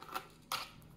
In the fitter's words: then you hear the click